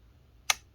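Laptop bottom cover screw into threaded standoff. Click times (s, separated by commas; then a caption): 0.5 s. A bottom-cover screw on a Lenovo ThinkPad L450 laptop is turned backwards (counter-clockwise) in its threaded standoff until it drops into the start of the thread, before being tightened. A single sharp, bright click sounds at 0.5 s against a quiet background and fades within about a tenth of a second. The screw is seated at the thread start.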